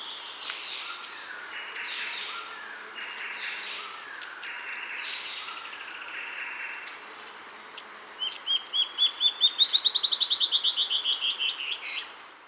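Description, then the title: Band-tailed antbird song: after several seconds of another bird's stepped, descending chirps, a fast series of short notes rises in pitch and speeds up, then fades. "LuckyPassaro Completos2Sama. Band-tailed Antbird (Hypocnemoides maculicauda)"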